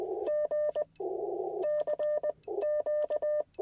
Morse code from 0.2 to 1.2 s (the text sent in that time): G